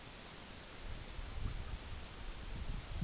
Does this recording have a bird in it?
no